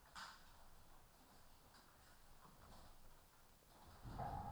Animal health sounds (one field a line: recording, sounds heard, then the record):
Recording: poultry house recording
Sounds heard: healthy chickens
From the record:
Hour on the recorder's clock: 12